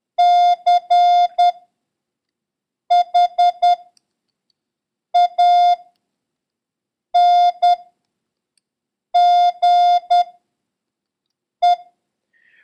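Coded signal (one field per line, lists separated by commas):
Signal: Morse code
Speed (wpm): 10 wpm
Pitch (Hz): 710 Hz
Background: none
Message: CHANGE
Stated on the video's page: Morse code lesson covering letters P, C and Q and the number 3, with a random run drill.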